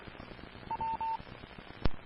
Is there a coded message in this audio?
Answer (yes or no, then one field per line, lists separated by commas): no